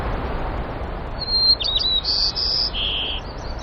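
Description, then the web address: White-crowned sparrow singing one phrase: a clear opening whistle, then a quick buzzy stutter and a low burry ending, over steady background hiss. Recorded in Denali, Alaska, on the morning of 12 May 2016. "alaska BIRDS DENATOKO 20160512 052310 White-Crowned"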